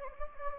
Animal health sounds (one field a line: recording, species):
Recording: mosquito wingbeat signal from an infrared sensor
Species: Anopheles gambiae